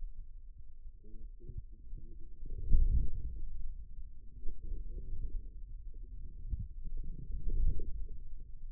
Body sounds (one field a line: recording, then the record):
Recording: forearm muscle sounds (acoustic myography)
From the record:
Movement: inward rotation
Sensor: system 2, bracelet of six BSWA MPA416 microphones around the upper forearm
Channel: 4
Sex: male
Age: 22 years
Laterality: right